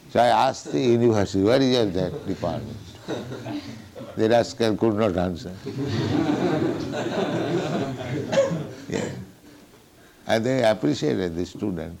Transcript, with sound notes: So I asked the university, "Where is your that department?" The rascal could not answer. [laughter] Yes. And they appreciated, the students.